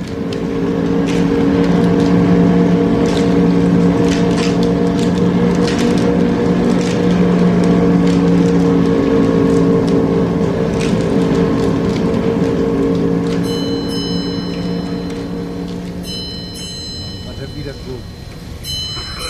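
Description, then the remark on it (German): Heavy machinery drones steadily with deep, sustained tonal hums and a rumbling mechanical grind, as the large winch drums in the middle of a fishing trawler pay out the two 11 cm thick steel cables holding the net; near the end, higher whining tones and clicks emerge. “spulen die zwei 11 cm dicken Stahlseile ab, die das Netz halten. Drehen sich die großen Windentrommeln in der Mitte des Schiffes.”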